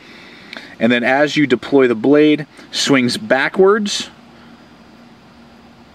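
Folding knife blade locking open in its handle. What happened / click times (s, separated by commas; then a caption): Handled, not yet locked: a mechanism moved but no seating click / none. Someone talks while deploying the blade of a small folding knife with steel liners, the blade swinging backwards on its pivot in the handle, with a brief faint tap at about 0.5 s under a low steady background hum. The clip ends before the blade locks open; nothing has seated or clicked yet.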